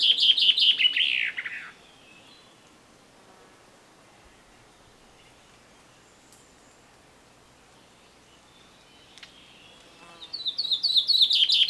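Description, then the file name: Common chaffinch song: a loud trill ending in a falling flourish at the start, a long quiet gap, then another rapid trill begins near the end. "Fringilla coelebs"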